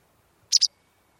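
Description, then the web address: Bird call: one quick, high, sharp double chip, two brief notes in close succession, otherwise quiet. "Bird Only"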